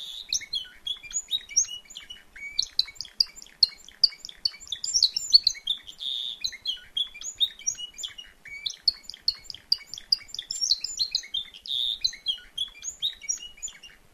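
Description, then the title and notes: Timbrado canary song: dense, continuous run of quick high chirps and rattling trills that barely pause across the whole stretch. Singing at a canary event or competition. "Canario timbrado de Gabriel. reproduccion de un canario en evento"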